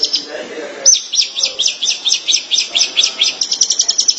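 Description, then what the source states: Long-tailed Shrike song: a run of harsh, rapidly repeated high notes, quickening toward the end. Dated March 2017.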